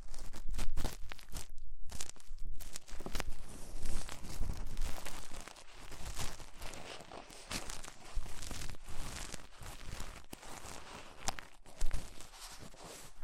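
Ear cleaning with rhinestones and clay being removed: dense, irregular crackling and scratching that crinkles and crunches almost without pause. Brief quiet gaps come near the second and two-and-a-half-second marks, then the scraping resumes in uneven, bright bursts until the end.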